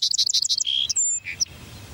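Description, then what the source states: Song sparrow song: rapid repeated high notes, then a buzzy lower note, a thin whistled tone and two final short notes. Male song; females listen to judge the male's fitness as a mate and prefer males with greater song variety.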